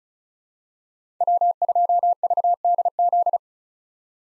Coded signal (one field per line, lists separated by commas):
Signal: Morse code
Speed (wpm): 36 wpm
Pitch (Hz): 700 Hz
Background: none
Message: W2VDZ